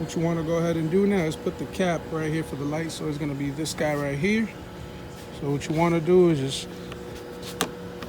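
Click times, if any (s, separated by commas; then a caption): 7.6 s. Someone talks while working on the rear bumper cover of a 2019 Toyota Camry XSE, then lays a plastic cover cap for the bumper light opening flat and presses it into the bumper. A sharp click at 7.6 seconds marks the cap snapping in and seating.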